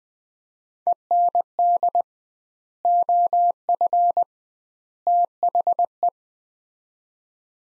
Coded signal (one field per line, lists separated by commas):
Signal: Morse code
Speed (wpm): 21 wpm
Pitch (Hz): 700 Hz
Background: none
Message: END OF THE